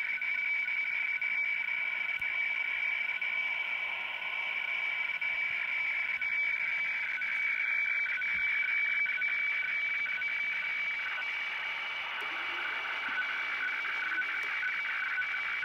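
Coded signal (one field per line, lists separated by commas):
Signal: weather fax (radiofax)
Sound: steady high warbling tone with rhythmic scratchy ticking as image lines are sent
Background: radio static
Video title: Sony CRF-V21 - WeFax from Kyodo News Agency Japan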